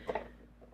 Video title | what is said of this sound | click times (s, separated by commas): Tarot Storage: Form, protection, materials, and features. | And the lids stay on. They have a little lip here, so they actually click into place | 0.1 s, 0.2 s